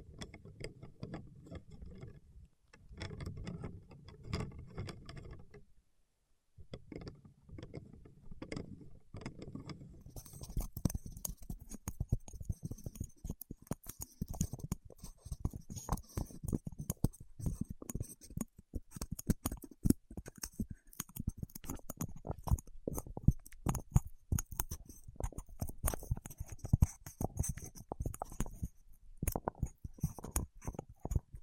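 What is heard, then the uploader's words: Fingertips working on wax make a dense run of soft, dull taps and sticky crackles, busy and irregular. Short pauses fall near three and six seconds. From about ten seconds a thin, bright hiss rides above the tapping until the end. ASMR with Wax Fingertips for Sleep (No Talking).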